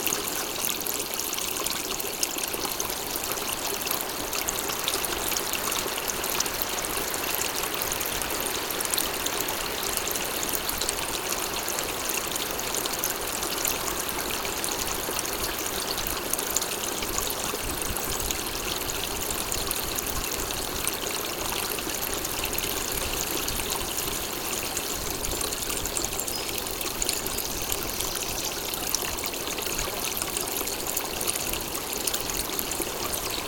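Water runs steadily throughout, a dense, even trickle and gush that fills the whole range from low rumble to bright hiss without pause. The level stays constant across the half minute, continuous, with no distinct calls or gusts standing out.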